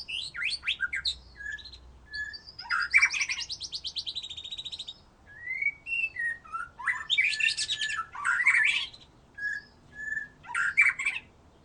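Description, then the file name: White-rumped shama song, a rich mix of a long buzzy rattling trill, sharp whistled notes and scratchy bursts. "murai batu"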